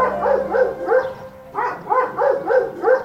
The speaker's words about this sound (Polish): To tak nam szczeka, a to szczeka fantastyczny pies. To ze spektaklu Chłopi Teatru Ludowego w Krakowie w reżyserii Remigiusza Brzyka.